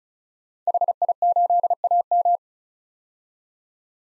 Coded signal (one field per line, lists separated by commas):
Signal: Morse code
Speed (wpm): 34 wpm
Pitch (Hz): 700 Hz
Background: none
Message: HI8AM